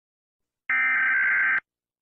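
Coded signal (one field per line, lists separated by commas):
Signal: Emergency Alert System (SAME) tones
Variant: header bursts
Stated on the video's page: Animated EAS alarms, fan-made recreation.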